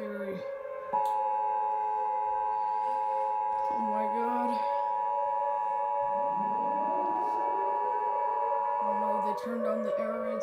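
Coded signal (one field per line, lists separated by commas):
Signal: Emergency Alert System (SAME) tones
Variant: 853 and 960 Hz attention tone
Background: speech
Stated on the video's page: Fictional nuclear attack EAS scenario.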